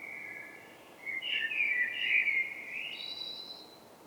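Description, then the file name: Common blackbird sings a drawn-out note that swells into a louder, wavering, scratchy phrase, ending on a thin, higher tone; soft hiss throughout. "Turdus merula"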